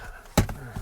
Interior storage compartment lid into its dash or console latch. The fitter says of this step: I guess that doesn't latch.